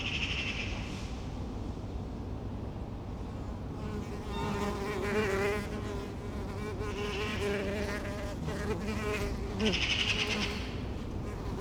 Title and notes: Saint-Gilles, Belgique - Bees, magpie and helicopter. Spring soundcsape : bees close to the mics, magpie in the poplar tree and helicopter in the background. Paysage printanier, des abeilles proches des micros